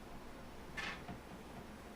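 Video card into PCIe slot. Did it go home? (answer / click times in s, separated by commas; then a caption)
no / none. A graphics card is pushed toward a PCIe slot but hangs up on something and fails to seat. A short scraping rub is heard around 0.8 to 0.9 seconds, followed by a faint knock near 1.1 seconds against a low background hum. Nothing has seated or clicked yet.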